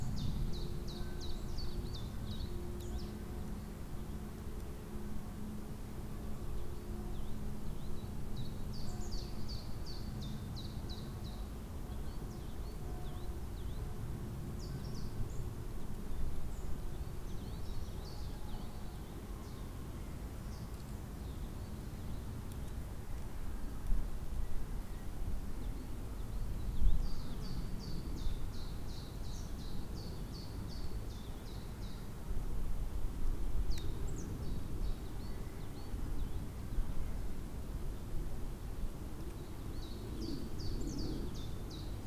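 Birds chirp in short bright bursts every few seconds over a steady low rumble in Tivoli Park, with a faint hum early on.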